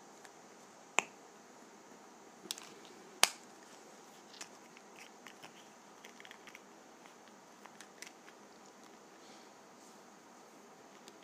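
Clicks and snaps from a lip gloss container, with two sharp, loud ones near the first and third seconds and a smaller one around two and a half seconds. After that come scattered light taps and plastic ticks, irregular and soft, over a faint steady hiss.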